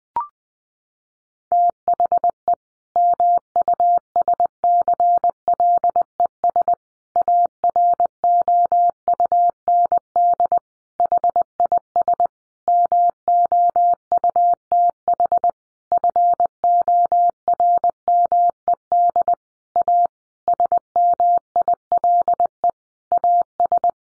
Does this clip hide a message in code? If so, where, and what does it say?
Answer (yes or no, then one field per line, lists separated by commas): yes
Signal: Morse code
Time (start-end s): 1.5-23.9 s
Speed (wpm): 20 wpm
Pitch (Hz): 700 Hz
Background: none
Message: THE MUSCLES AROUND HIS MOUTH FORMED A SMILE AS